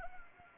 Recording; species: mosquito wingbeat signal from an infrared sensor; Anopheles arabiensis